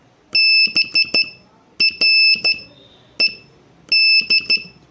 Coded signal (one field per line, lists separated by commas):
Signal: Morse code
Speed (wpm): 12 wpm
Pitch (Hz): 2650 Hz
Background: none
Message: BRED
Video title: Morse Code Practice Session 7